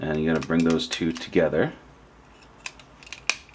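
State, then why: Seated. A plastic wheel is pushed onto a transforming toy robot figure's peg-and-tab mount, with the tab and hole lined up and the parts pressed together. Someone talks first, then a few light plastic taps and scrapes come at about 2.7 to 3.1 seconds. A sharp, loud click at 3.3 seconds marks the wheel locking in place.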